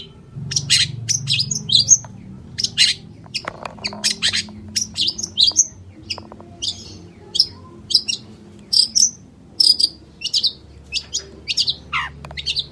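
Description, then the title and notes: Long-tailed shrike pouring out a long, lively medley of grating chatter and sharp whistled notes, steady and busy throughout, over a low background hum. Long-tailed shrike in morning song with 'toet toet' sound variations; used as a lure to prompt silent, stalled or stressed shrikes to answer within three seconds. "Cendet Gacor Dor Di Kala Pagi Toet Toet Variasi Suara. PANCINGAN CENDET MALAS BUNYI CENDET MACET CENDET STRESS CUKUP 3 DETIK BAKALAN NYAUT BUNYI. Burung cendet"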